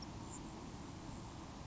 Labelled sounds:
Grasshopper Sparrow

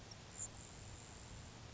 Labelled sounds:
Grasshopper Sparrow

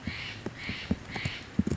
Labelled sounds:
Steller's Jay

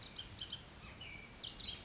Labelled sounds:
Bullock's Oriole

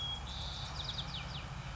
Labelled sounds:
White-crowned Sparrow

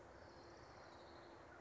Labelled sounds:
Orange-crowned Warbler

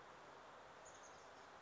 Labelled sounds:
Chestnut-backed Chickadee

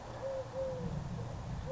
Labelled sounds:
Eurasian Collared Dove

